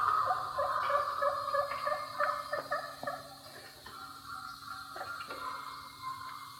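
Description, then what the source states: Wild turkey calls, overlapping notes from several birds, louder at the start and quieter later, over a constant low hum. Wild turkeys at a roost in the morning.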